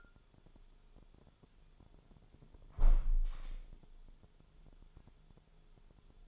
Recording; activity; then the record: daily activity, microphone in the room; close window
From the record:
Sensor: 5